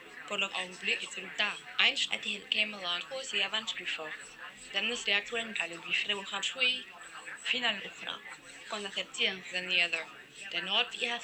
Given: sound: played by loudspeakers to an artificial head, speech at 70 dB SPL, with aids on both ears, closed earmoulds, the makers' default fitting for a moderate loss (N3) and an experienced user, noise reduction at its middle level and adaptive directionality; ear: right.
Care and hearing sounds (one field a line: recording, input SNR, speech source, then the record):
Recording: speech test signal (ISTS) in cocktail-party noise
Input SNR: -3 dB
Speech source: in front (0 degrees)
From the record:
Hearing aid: class 1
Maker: I